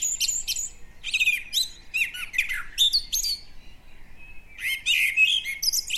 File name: Turdus merula 180806